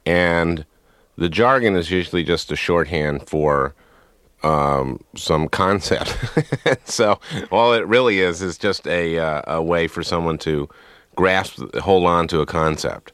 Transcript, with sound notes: And the jargon is usually just a shorthand for some concept (laughter). So all it really is, is just a way for someone to grasp, hold onto a concept.